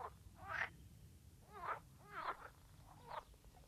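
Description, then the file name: Green frog uttering several short, quacking croaks with a ringing harmonic quality, spaced irregularly, over faint low background rumble. "grenouille verte"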